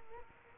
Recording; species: mosquito wingbeat signal from an infrared sensor; Culex quinquefasciatus